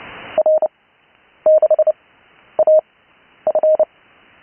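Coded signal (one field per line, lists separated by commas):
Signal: Morse code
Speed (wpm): 30 wpm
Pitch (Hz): 620 Hz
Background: none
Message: R6AF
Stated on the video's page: Live 80m CW used for learning Morse on HF, with speed increase.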